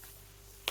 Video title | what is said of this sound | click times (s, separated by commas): FAILED MOT - Fiesta failed - brake caliper rebuild | So slide it up till it clicks in. | 0.7 s